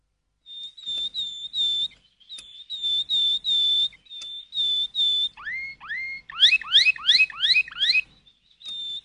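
Canary song of long, even whistled tones repeated in a row, then rising slurred notes and a fast run of sharp upward sweeps.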